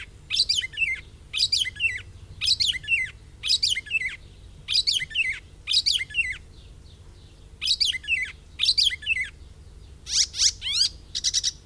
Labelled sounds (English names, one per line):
Icterine Warbler song